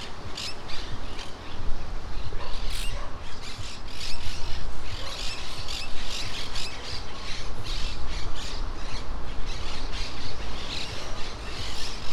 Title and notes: Plaza De Loros. Cotorras Argentinas en los arboles cercanos a la costa de Playa Ancha